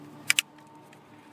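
A wiring harness connector is pushed onto the fuel injection control module (FICM) of a Ford 6.0L Powerstroke diesel, which should give two clicks per connector. Two sharp clicks are heard at 0.3 s and 0.4 s over a faint steady hum. The connector is fully seated.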